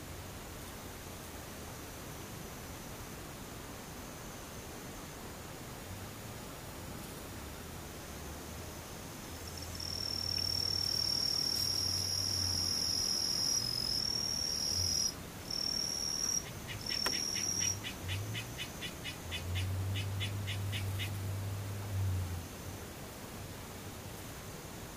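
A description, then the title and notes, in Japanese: Daytime insects fill this recording. A faint hiss runs steadily throughout, and from about ten seconds a high, bright insect drone comes in and holds until around eighteen seconds, joined near the end by a rapid pulsing trill and a low hum. ムシ昼。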